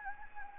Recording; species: mosquito wingbeat signal from an infrared sensor; Anopheles gambiae